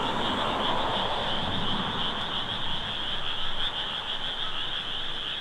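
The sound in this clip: Frogs calling together, a continuous high trill holding steady across the whole stretch.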